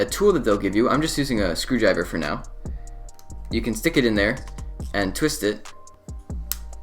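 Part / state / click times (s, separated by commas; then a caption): magnet capsule in a speed cube piece / seated / 6.5 s. Someone talks while a screwdriver is stuck into a plastic magnet capsule in a piece of a YJ MGC Elite speed cube and twisted, making a series of small light ticks. At 6.5 s the capsule snaps round 180 degrees with a sharp click, seating it so the magnet arrow points outwards for stronger magnets.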